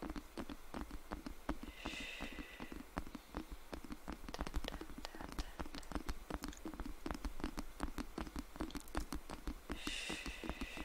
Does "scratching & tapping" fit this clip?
yes